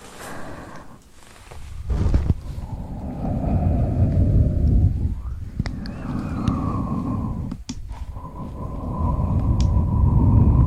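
Mouth sounds and mic handling: a heavy low rumble from gripping and swirling, with sharp taps near two and eight seconds and wavering pitched tones.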